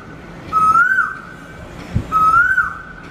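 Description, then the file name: Koel song: two clear, rising whistled notes about one and a half seconds apart, each sliding upward, with a soft thump between them. "Koel bird singing sound"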